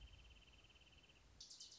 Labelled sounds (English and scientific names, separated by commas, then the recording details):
Wrentit (Chamaea fasciata)
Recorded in Sonoma County, California